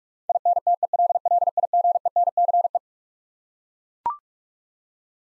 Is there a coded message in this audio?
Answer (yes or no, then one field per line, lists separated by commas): yes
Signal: Morse code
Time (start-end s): 0.3-2.8 s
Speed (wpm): 42 wpm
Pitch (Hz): 700 Hz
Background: none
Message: INTELLIGENCE